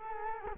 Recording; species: mosquito wingbeat signal from an infrared sensor; Culex quinquefasciatus